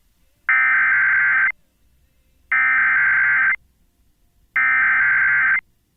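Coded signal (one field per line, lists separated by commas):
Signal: Emergency Alert System (SAME) tones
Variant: header bursts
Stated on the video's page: Winter storm warning for western Upper Michigan received on NOAA Weather Radio.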